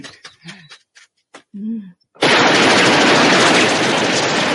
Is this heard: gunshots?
yes